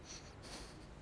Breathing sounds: one breath in and out by a microphone near the nose and mouth; strong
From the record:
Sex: male

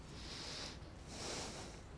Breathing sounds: one breath in and out by a microphone near the nose and mouth; deep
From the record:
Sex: male

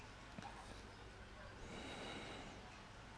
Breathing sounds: one breath in and out by a microphone near the nose and mouth; deep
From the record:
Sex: male

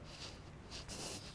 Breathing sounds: one breath in and out by a microphone near the nose and mouth; strong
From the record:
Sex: male

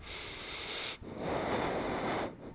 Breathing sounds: one breath in and out by a microphone near the nose and mouth; deep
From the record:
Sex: male

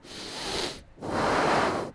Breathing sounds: one breath in and out by a microphone near the nose and mouth; deep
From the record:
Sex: male

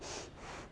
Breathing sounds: one breath in and out by a microphone near the nose and mouth; strong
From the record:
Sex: female

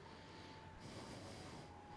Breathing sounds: one breath in and out by a microphone near the nose and mouth; normal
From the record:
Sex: male

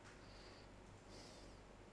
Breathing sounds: one breath in and out by a microphone near the nose and mouth; normal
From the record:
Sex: male

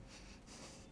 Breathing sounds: one breath in and out by a microphone near the nose and mouth; strong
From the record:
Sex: male

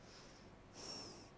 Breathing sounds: one breath in and out by a microphone near the nose and mouth; normal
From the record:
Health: marked as sick, illness not named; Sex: female

